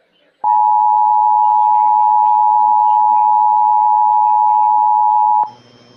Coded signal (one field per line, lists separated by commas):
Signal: Emergency Alert System (SAME) tones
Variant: 853 and 960 Hz attention tone